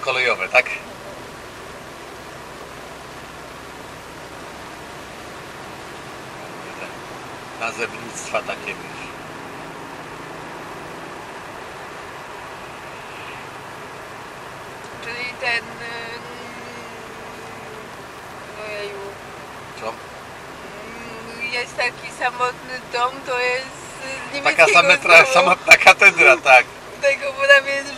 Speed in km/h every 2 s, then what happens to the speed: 62, 66, 71, 74, 78, 81, 79, 76, 74, 71, 68, 63, 60, 59.
0-9 speeds up to 81. 11-28 slows to 59.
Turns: none.